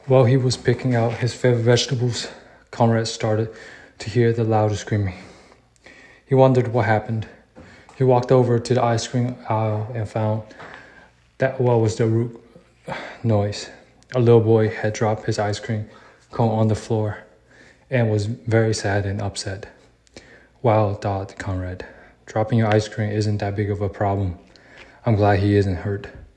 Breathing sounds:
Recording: reading aloud after running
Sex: male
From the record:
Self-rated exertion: vigorous exertion (4 of 6)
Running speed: 9 miles an hour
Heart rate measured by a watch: 101 beats a minute at the start, 102 at the end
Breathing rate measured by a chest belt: 22 breaths a minute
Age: 27 years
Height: 185 cm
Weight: 76 kg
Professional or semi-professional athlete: no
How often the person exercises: over 5 times a week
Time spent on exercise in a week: over 5 hours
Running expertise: no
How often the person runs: over 5 times a week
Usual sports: running, weight training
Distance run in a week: 65 km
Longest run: 42 km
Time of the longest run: 214 minutes

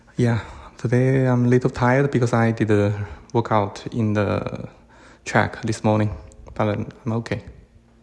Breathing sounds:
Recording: free speech after running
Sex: male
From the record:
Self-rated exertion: light exertion (2 of 6)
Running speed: 8 miles an hour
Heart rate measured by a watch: 101 beats a minute at the start, 95 at the end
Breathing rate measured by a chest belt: 20 breaths a minute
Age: 37 years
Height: 174 cm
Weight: 76 kg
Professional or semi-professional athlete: no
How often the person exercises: over 5 times a week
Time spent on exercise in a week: over 5 hours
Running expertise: yes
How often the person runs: 3 to 5 times a week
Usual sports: running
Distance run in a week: 70 km

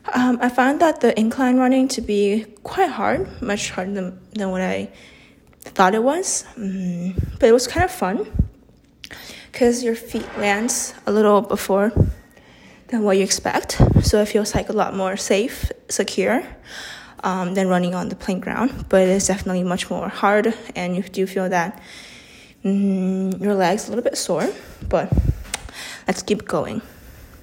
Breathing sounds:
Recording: free speech after running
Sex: female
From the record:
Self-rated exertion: moderate exertion (3 of 6)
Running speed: 5 miles an hour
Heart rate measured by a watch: 136 beats a minute at the start, 129 at the end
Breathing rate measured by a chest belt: 14 breaths a minute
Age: 18 years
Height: 171 cm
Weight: 75 kg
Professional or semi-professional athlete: no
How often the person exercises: 1 to 2 times a week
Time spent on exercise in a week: under 1 hour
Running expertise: no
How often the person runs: 1 to 2 times a week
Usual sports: running, fencing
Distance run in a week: 3 km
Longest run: 21.3 km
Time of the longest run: 190 minutes

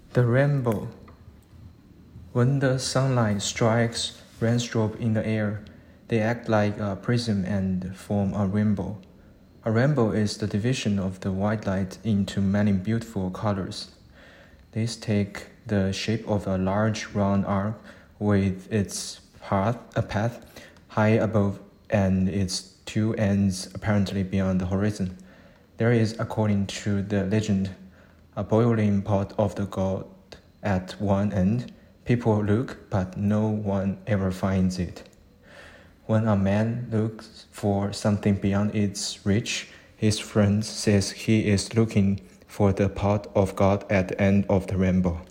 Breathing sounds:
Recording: reading aloud after running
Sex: male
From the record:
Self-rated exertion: moderate exertion (3 of 6)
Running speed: 6 miles an hour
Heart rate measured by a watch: 110 beats a minute at the start, 91 at the end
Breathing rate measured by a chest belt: 20 breaths a minute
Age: 29 years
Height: 172 cm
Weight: 70 kg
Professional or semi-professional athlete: no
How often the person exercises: 1 to 2 times a week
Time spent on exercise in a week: 3 to 4 hours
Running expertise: no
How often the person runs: 1 to 2 times a week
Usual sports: weight training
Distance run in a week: 20 km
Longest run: 21 km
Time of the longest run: 120 minutes

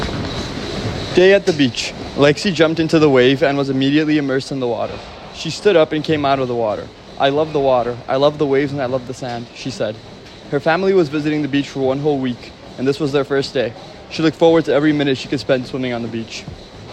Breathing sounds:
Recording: reading aloud after running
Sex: male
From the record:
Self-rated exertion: very light exertion (1 of 6)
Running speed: 6 miles an hour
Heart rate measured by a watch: 155 beats a minute at the start, 154 at the end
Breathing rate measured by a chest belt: 25 breaths a minute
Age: 19 years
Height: 183 cm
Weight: 68 kg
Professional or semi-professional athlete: no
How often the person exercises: 1 to 2 times a week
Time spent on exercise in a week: 2 to 3 hours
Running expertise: yes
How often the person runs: under once a week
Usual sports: volleyball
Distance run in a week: 6 km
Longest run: 10 km

